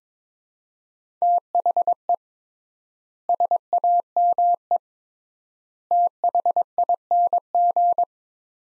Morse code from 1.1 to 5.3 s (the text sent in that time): THE SAME